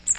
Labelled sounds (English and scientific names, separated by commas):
Magnolia Warbler (Setophaga magnolia) flight call